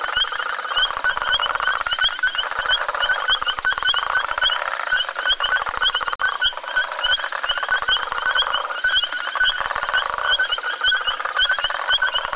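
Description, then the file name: Frog chorus: many short, bright chirps repeated rapidly over a dense crackling rattle throughout. "sammakko"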